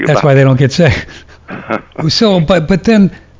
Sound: laughing